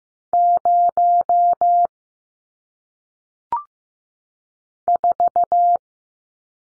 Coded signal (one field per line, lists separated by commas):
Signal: Morse code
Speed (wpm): 15 wpm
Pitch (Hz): 700 Hz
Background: none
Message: 0 4